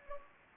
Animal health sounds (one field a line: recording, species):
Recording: mosquito wingbeat signal from an infrared sensor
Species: Anopheles gambiae